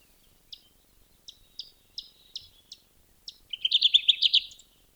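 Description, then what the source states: Kirtland's Warbler gives seven spaced, sharp chips, then a loud, fast, rich warbled phrase of about a second. Rare warbler that depends on jack pine habitat, where fire opens the cones.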